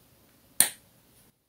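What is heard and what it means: A new plastic ink cartridge is pushed, tapered end first and with considerable pressure, onto the nipple inside the section of a Jinhao fountain pen until its end cap is pierced. After quiet handling noise, a single sharp, loud snap rings out at 0.6 s and fades quickly. The cartridge is seated and now held firmly in place.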